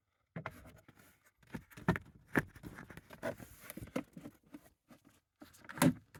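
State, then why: Seated. A plastic glove box in a Toyota Highlander is pushed back into the dashboard opening, with scattered handling knocks and rattles along the way. A sharp click at 5.8 s is the indentation on the glove box's left side snapping back behind the dash stop, seating the glove box.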